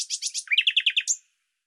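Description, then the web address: Bird song as one brief burst: a fast rattle of high notes dropping into a rolling trill, then a short final whistle. "Deverinetal 2025"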